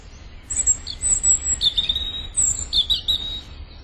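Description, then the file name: European robin song, rapid thin high notes and short trills, several phrases in quick succession over a low background hum. "Erithacus rubecula"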